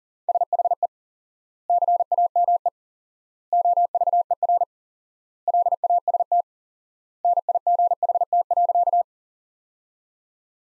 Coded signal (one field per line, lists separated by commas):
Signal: Morse code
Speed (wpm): 40 wpm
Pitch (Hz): 700 Hz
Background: none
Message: SHE CAME OVER LAST NIGHT.